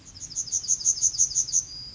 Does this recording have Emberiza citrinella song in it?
yes